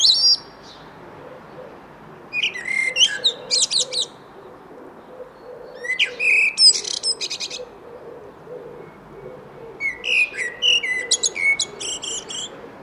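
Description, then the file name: Common blackbird delivering repeated song phrases of fluty notes and sharp high chatter, separated by pauses of a few seconds. "Turdus merula"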